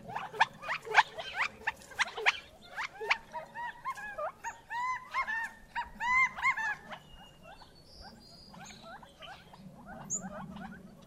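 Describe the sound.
Gambel's quail calls: a burst of sharp, clipped notes, then a rapid run of short arched chattering notes, fading into softer scattered calls over faint background hiss.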